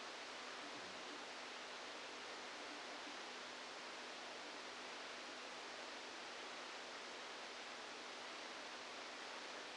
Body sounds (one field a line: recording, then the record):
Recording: brain microelectrode recording played as sound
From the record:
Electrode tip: outside the subthalamic nucleus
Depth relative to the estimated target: -6 mm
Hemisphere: left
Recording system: NeuroSet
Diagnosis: Parkinson's disease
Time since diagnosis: 27 years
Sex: male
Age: 62 years